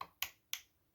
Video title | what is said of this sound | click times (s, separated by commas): Samsung 75in 4K TV (UN75U6080FZZA)- No picture, No sound, No lights. Replace motherboard (overview) | As long as you hear the clicks, pull on a little bit, make sure it's good to go. | 0.2 s, 0.5 s